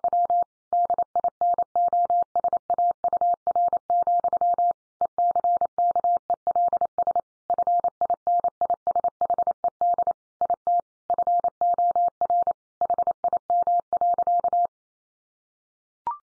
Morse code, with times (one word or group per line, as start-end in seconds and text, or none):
0.0-0.4 W
0.7-4.7 DINOSAUR,
5.0-7.2 ECKELS
7.5-10.1 FINISHED
10.4-10.8 IT
11.1-12.5 FOR
12.8-14.7 HIM.